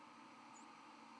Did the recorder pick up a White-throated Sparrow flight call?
no